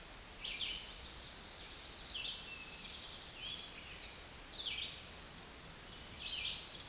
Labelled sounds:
Red-eyed Vireo song
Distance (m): 10 m
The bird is about 5 m above the microphone
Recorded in a Pennsylvania forest on 16 May 2024 at 09:03
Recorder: AudioMoth, point MSD-2287
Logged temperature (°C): 11.2 °C
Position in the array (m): 150 m, 27 m

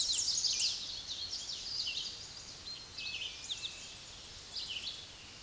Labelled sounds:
Red-eyed Vireo song
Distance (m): 30 m
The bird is about 20 m above the microphone
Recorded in a Pennsylvania forest on 16 May 2024 at 06:31
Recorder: AudioMoth, point MSD-2208
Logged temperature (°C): 15.2 °C
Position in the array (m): 165 m, 72 m

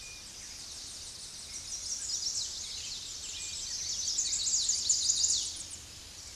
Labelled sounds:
Chestnut-sided Warbler song
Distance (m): 20 m
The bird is about level with the microphone
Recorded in a Pennsylvania forest on 16 May 2024 at 08:09
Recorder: AudioMoth, point MSD-1405
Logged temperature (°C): 15.6 °C
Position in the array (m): 180 m, 182 m

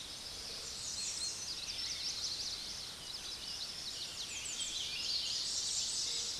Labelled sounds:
American Redstart song
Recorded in a Pennsylvania forest on 16 May 2024 at 06:12
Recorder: AudioMoth, point MSD-2305
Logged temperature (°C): 16.9 °C
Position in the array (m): 104 m, 221 m

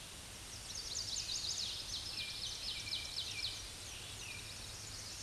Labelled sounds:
Ovenbird song
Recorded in a Pennsylvania forest on 16 May 2024 at 07:33
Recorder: AudioMoth, point MSD-2163
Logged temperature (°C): 16.1 °C
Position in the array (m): 212 m, 130 m

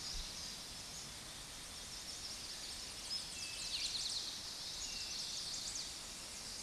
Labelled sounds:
Eastern Towhee song
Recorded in a Pennsylvania forest on 16 May 2024 at 06:05
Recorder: AudioMoth, point MSD-2234
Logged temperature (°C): 16.4 °C
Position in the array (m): 66 m, 103 m

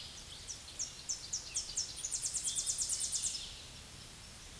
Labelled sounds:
Tennessee Warbler song
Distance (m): 15 m
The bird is about 5 m above the microphone
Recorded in a Pennsylvania forest on 16 May 2024 at 07:24
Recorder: AudioMoth, point MSD-2429
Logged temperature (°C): 16.7 °C
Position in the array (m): 91 m, 79 m

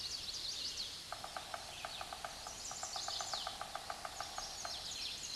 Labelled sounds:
Chestnut-sided Warbler song
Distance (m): 10 m
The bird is about 5 m above the microphone
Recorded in a Pennsylvania forest on 16 May 2024 at 06:13
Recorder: AudioMoth, point MSD-0814
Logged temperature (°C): 15.8 °C
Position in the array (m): 160 m, 105 m

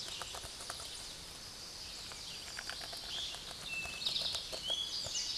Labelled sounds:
Eastern Towhee song
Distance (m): 30 m
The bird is about 25 m above the microphone
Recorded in a Pennsylvania forest on 16 May 2024 at 08:56
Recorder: AudioMoth, point MSD-1534
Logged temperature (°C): 15.6 °C
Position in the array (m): 60 m, 14 m

